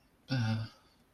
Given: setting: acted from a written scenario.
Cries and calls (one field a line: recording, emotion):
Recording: vocal sound without words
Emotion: sadness